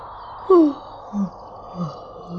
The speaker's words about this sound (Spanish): Sus pupilas se han dilatado tanto como ha abierto su boca al bostezar. Una boca tan delicada como la de una muñeca.